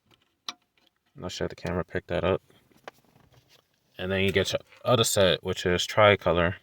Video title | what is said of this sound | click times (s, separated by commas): Vios Gen 2 Aftermarket Radio Install | so put them in you'll hear a click and | 0.5 s